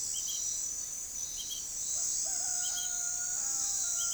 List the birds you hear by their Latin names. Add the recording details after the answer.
none. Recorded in forest near Pivijay, Magdalena, Colombia, on 5 June 2023 at 02:00. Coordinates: 10.467, -74.380. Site Z5-G034